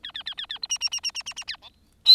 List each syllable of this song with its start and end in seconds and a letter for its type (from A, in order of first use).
0.03-0.12 A, 0.14-0.23 A, 0.26-0.34 A, 0.37-0.46 A, 0.49-0.59 A, 0.62-0.67 B, 0.69-0.78 C, 0.80-0.89 C, 0.91-1.00 C, 1.03-1.12 C, 1.14-1.23 C, 1.25-1.34 C, 1.36-1.44 C, 1.47-1.57 A, 1.61-1.69 D